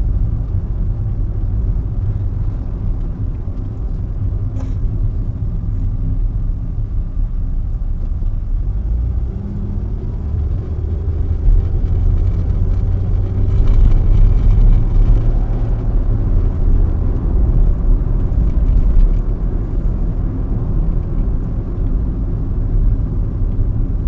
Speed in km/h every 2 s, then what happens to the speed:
35, 35, 29, 21, 23, 36, 45, 55, 59, 56, 52, 44.
3-7 brakes to 21. 7-15 speeds up to 59. 17-24 slows to 44.